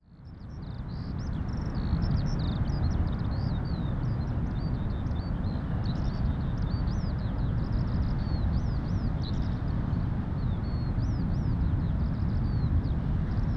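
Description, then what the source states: Eurasian skylark song, an unbroken stream of rapid high warbles and chirps that fades in and runs throughout, set against a constant deep roar of surf. Skylarks singing north of Bude, Cornwall, with distant thundering surf.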